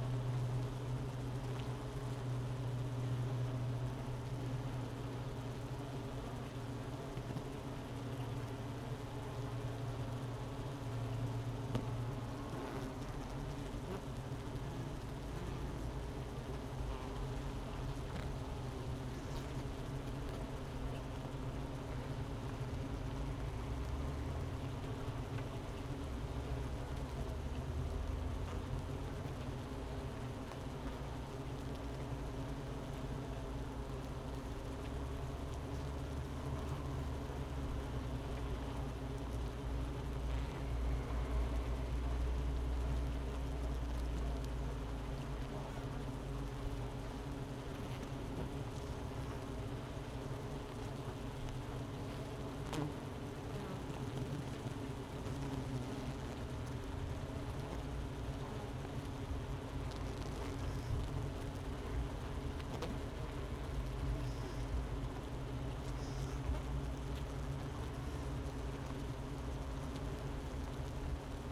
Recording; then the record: honeybee colony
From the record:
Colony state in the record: missing queen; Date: 31 May 2018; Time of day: 10:48